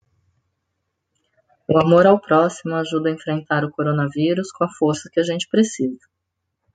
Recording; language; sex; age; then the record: spoken sentence; Brazilian Portuguese; female; 40 to 49 years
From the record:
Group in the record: control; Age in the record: 41 years